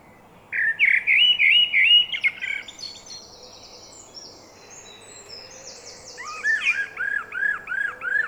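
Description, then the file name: Common blackbird song: a rapid fluty warble, then a high scratchy twitter, then a string of arching whistled notes repeated quickly. "Turdus merula"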